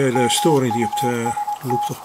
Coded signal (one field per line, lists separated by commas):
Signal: Morse code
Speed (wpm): 20 wpm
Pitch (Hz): 830 Hz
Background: speech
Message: MUST